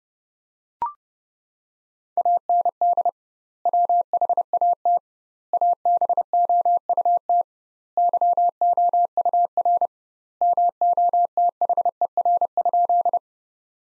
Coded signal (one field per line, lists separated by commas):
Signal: Morse code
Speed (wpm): 30 wpm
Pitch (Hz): 700 Hz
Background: none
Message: AND WHAT ABOUT YOUR MOTHER?